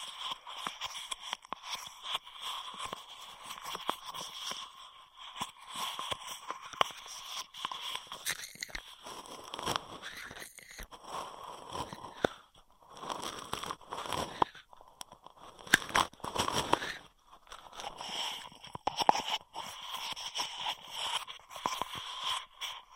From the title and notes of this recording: ASMR Beat Your Immunity with Intense Straw Triggers (No Talking).